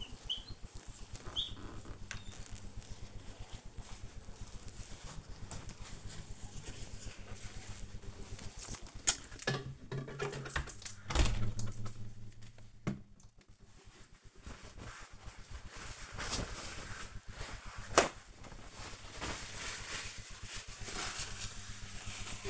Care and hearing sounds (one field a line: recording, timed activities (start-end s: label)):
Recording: household activities, microphone on the right wrist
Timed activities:
0.00-22.50 s: window cleaning